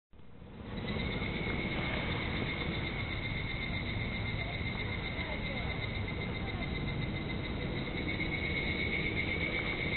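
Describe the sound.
Higurashi cicada song, a continuous high, steady drone starting after a brief quieter moment, with low rumbling noise beneath.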